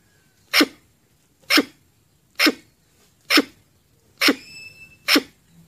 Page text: Tiếng Sóc Đỏ kêu